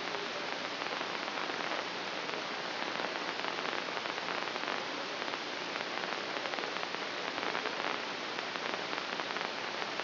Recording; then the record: brain microelectrode recording played as sound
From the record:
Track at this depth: inside the subthalamic nucleus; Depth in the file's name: 2.325 mm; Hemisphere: right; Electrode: 2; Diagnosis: Parkinson's disease